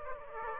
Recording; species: mosquito wingbeat signal from an infrared sensor; Aedes aegypti